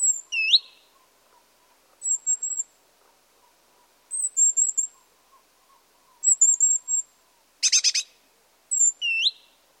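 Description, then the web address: Great tit calls: short series of high thin wavering notes, with swooping rising notes at the start and end and one brief harsh churr. "pub SETE data Parus major"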